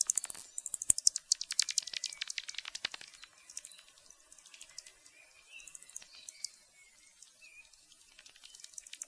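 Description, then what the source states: Bat clicks come fast at first, then grow sparse and faint, with a few soft high chirps in the quieter part. Echolocation calls.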